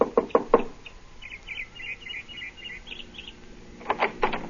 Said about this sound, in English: I got her home address and knocked at the door of her small house 15 minutes after she arrived home that evening.